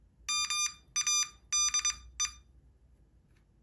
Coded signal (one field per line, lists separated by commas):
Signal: Morse code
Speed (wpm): 22 wpm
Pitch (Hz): 1200 Hz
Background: none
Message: MADE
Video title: MorseBOX – Learn Morse Code with a Real Telegraph Key! Train, Transmit, Compete!